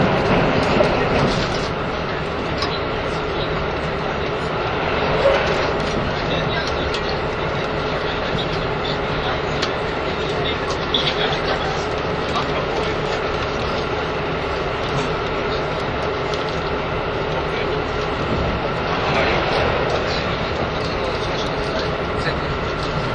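A train runs between Nagoya and Toyama with a steady, dense rumble and rattle that holds an even loudness throughout. Brief brighter swells of clatter rise around 5, 11 and 19 seconds, and faint voices may sit under the running noise.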